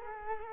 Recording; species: mosquito wingbeat signal from an infrared sensor; Culex quinquefasciatus